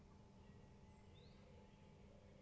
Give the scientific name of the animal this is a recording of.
Phylloscopus collybita